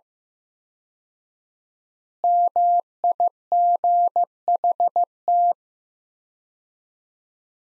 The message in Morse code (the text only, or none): MIGHT